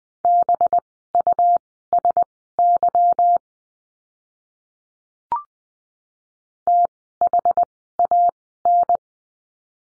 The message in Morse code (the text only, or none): BUSY THAN